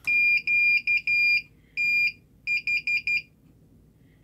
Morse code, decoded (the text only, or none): QTH